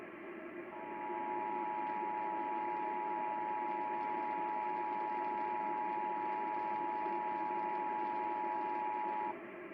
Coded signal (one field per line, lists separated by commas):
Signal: Emergency Alert System (SAME) tones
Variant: 853 and 960 Hz attention tone